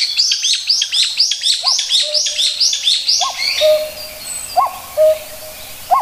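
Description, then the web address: Common cuckoo giving its two-note cu-ckoo, a higher note dropping to a lower one, repeated several times, over busy high chirping from other small birds early on. "sikioto. kakkou"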